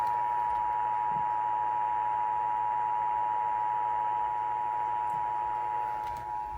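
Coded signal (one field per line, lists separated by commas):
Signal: Emergency Alert System (SAME) tones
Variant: 853 and 960 Hz attention tone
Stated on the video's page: Required Monthly Test for a Virginia nuclear power station.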